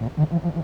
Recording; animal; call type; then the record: contact call of a hoofed animal; goat; low-frequency (closed-mouth) or high-frequency (open-mouth) call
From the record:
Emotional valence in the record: negative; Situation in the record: short social isolation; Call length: 0.64 s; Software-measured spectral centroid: 980 Hz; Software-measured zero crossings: 640 a second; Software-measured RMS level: -23 dBFS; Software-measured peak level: -10 dBFS